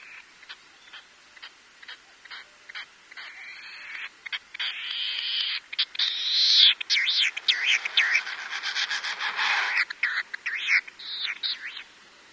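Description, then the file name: Latham's snipe calling in a rapid series of sharp notes that build into a loud, dense burst before easing back to clipped calls. "oojishigi"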